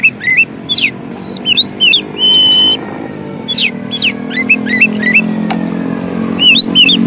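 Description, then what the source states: Oriental magpie-robin song of quick looping whistles and a brief steady note, broken by pauses, with a low hum beneath. Long-duration filler song (isian) for training kept birds to sing actively day and night.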